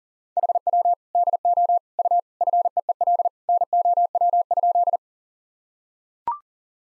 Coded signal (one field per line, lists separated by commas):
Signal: Morse code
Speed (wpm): 40 wpm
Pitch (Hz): 700 Hz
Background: none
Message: HW DO U FEEL NOW?